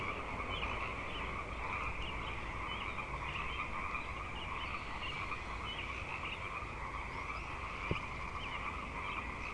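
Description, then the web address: Frog chorus in a dense continuous band of calls, with one sharp click partway through and a low background hum. Frog chorus at Grafton Lake, recorded 3 May 2009. "The Frog Chorus Tunes Up On Grafton Lake frogs 090503"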